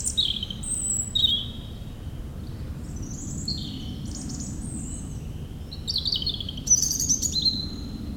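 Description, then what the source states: European robin song, sweet high whistled phrases and thin trills in bursts with pauses, over a steady low rumble. Singing in the huge Meerdaalbos forest at Oud-Heverlee, Belgium, with planes taking off.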